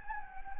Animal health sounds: mosquito wingbeat signal from an infrared sensor; Anopheles gambiae

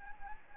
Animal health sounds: mosquito wingbeat signal from an infrared sensor; Anopheles gambiae

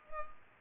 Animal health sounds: mosquito wingbeat signal from an infrared sensor; Culex pipiens

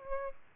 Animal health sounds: mosquito wingbeat signal from an infrared sensor; Aedes aegypti

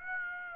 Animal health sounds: mosquito wingbeat signal from an infrared sensor; Aedes aegypti

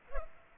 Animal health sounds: mosquito wingbeat signal from an infrared sensor; Culex pipiens

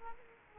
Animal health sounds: mosquito wingbeat signal from an infrared sensor; Culex quinquefasciatus

